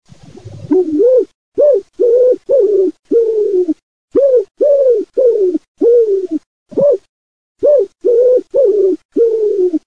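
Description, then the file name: Common wood pigeon cooing: deep hooting notes in phrases of about five, with short pauses between phrases, the last phrase cut off. "COLOMBACCIO"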